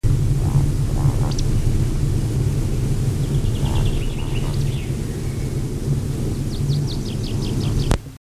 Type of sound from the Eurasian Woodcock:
flight song